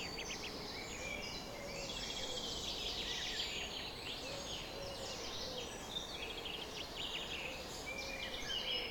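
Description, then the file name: Birds with dense overlapping chirps and twitters from many birds, a faint low wavering tone beneath, and continuous hiss throughout. Summer morning bird chorus at 4:40 am. "summer morning bird chorus-4 40 am in cobs"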